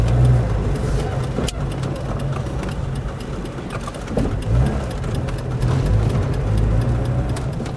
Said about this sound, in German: fährt uns mit seinem alten, fast kaputten Wagen am Stacheldrahtzaun der Stadt entlang.